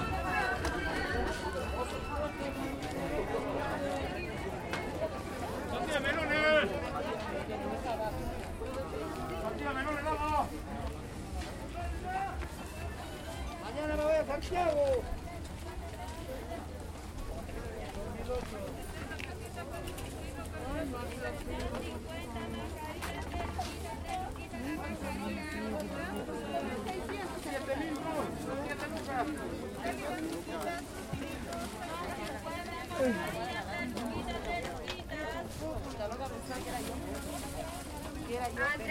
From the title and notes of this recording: Chilean food market walkthrough. Interactions of the local rotatory food market in Calama, Chile. You can hear the sellers offering their's differents products and the interaction with clients, as I walked thourght the market. Recorded by Diego Villalobos S.